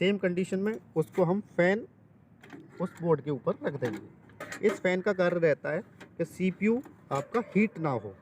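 A CPU fan's cable connector is being handled near its header on a motherboard while someone talks throughout. Two faint, brief handling sounds occur at about 2.4 and 2.5 seconds in a pause between the talk. The connector has not seated or clicked yet.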